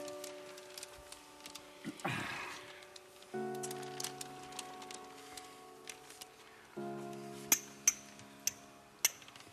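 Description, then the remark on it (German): Glasses clink together in a toast, four bright, ringing taps in quick succession near the end, over a steady backdrop of sustained humming tones and a brief rushing noise early on. “Noch mal anstoßen hier”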